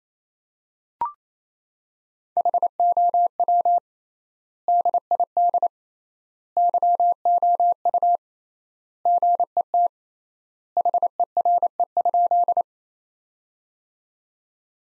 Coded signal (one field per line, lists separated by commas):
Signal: Morse code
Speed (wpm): 28 wpm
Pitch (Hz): 700 Hz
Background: none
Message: HOW DID YOU GET HERE?